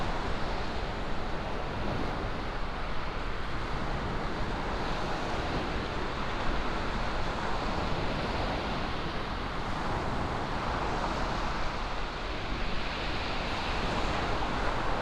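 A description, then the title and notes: Night breakers wash over shingle at Cooden Beach, merging into one thick, unbroken roar with a brisk wind blowing through it. The level stays nearly constant for the whole stretch, with no single wave standing apart, just a dense low rumble under a bright hiss. Out on Cooden Beach at night (part 2 - night breakers on shingle). The night we captured this soundscene of Cooden Beach in East Sussex, there was a brisk onshore breeze blowing in from the west. West is to the right of scene, where the incoming waves can sometimes be heard making first landfall. It's February.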